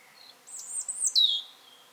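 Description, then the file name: European robin song, a short, very high thin phrase that wavers and then slides downward, over soft background hiss. "Erithacus rubecula"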